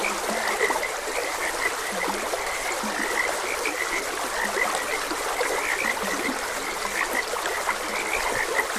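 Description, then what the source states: Frogs call in a thick chorus, quick chirping croaks with several deeper short croaks repeating, while water trickles steadily underneath. Frogs croaking beside a gentle stream.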